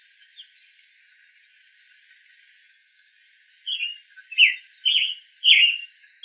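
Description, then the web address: Tanager giving a run of four rough call notes in the second half after a quiet stretch. Hybrid tanager, recorded on 21 April 2012. "Tanagers. FCTAhybrid Woodley 042112"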